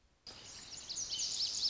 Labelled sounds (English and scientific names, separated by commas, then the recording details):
Lazuli Bunting (Passerina amoena)
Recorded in Sonoma County, California